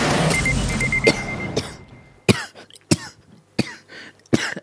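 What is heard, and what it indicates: After a stretch of noisy background, an adult woman gives a run of about four sharp, forceful coughs in quick succession, roughly one every 0.7 seconds. It is a coughing fit on air in a radio studio that leaves her unable to announce the time.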